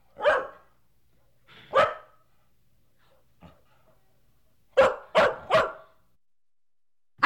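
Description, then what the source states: Dog giving sharp separate barks, then a quick run of three barks and one more at the end, with brief quiet pauses between. Medium-sized dog, barking.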